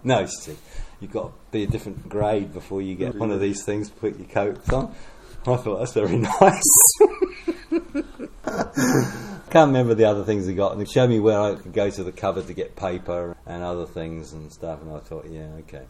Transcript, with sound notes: “No”, she said, “you’ve got to be a different grade before you get one of these things to put your coats on.” I thought, “That’s very nice.” [Laughter] Can’t remember the other things we got – she showed me where I could go to the cupboard to get paper and other things and stuff, and I thought, ‘Yeah, okay.’